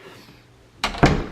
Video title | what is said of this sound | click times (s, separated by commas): Taking Down Christmas & Troubleshooting A Couple Of Problems - Escaping The Mouse - ETM-525 | it locks and it stays closed, and that's what we want. | 0.8 s, 1.0 s